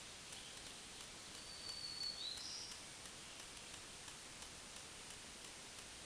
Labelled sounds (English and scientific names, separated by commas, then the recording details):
Black-throated Green Warbler (Setophaga virens) song
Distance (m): 35 m
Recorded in a Pennsylvania forest on 1 June 2023 at 07:58
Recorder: AudioMoth, point grid3_25_high
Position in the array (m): 142 m, 278 m